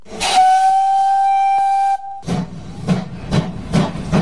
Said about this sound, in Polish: To była podróż parowozem. W latach 70. jeździliśmy z rodzicami do Szczecina i skład ciągnęła lokomotywa parowa. Fajnie było, bo były dodatkowe atrakcje. Oczywiście to sapało, buchało. Fajne były te trąbki, sygnały, jak maszynista pociągnął za wajchę